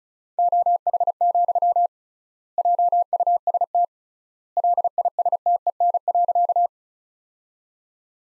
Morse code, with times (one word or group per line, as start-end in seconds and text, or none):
0.4-1.9 OH,
2.6-3.8 JUST
4.6-6.7 LISTEN.